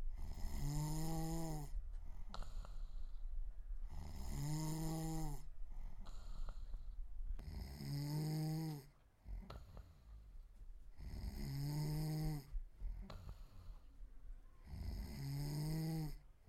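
Snoring from an adult sleeper.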